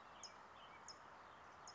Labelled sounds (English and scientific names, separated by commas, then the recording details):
California Towhee (Melozone crissalis)
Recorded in Sonoma County, California